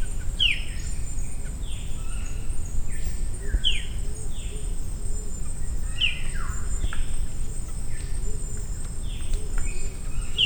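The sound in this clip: Maratua bulbul giving clear, falling notes every second or two, over a steady shrill insect hum and faint low notes.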